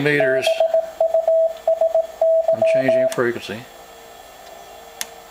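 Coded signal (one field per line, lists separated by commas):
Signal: Morse code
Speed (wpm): 17 wpm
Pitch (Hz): 650 Hz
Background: speech, radio noise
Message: BUSY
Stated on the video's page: Newly built Hendricks PFR3A QRP rig.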